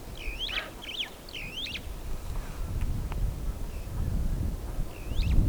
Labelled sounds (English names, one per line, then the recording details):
Superb Starling flight call
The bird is a female
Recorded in Kenya on 18 April 2009 at 07:35
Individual 120, of group WDB